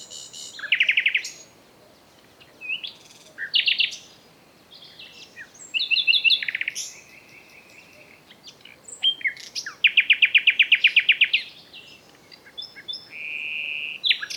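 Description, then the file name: Common nightingale song: varied phrases of loud rapid trills, buzzy rattles and whistled notes, separated by short pauses, with a long fast trill late. "Luscinia megarhynchos"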